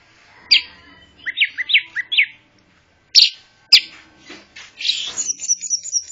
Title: Suara Burung Anis Merah Gacor Teler Doyorng Juara